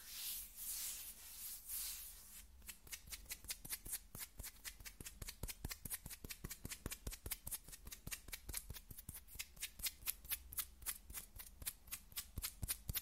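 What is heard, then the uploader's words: Skin scratching, beginning with about two seconds of soft, swelling rubbing strokes. Then it settles into quick, regular, crisp scratches, roughly four per second, bright and papery, continuing steadily to the end over a faint low hum. ASMR Skin Scratching 1 Hour (No Talking).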